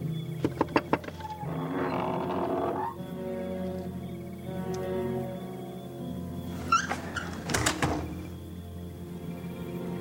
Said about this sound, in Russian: Довжик стучит в дверь Норы.